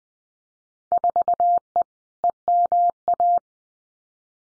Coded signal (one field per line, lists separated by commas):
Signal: Morse code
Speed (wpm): 19 wpm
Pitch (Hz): 700 Hz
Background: none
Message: 4E EMA